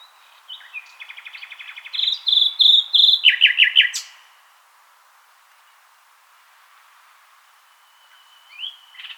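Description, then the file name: Common nightingale song: soft quick notes swelling into loud rapid repeated strokes, then silence and a faint rising whistle. "Luscinia megarhynchos"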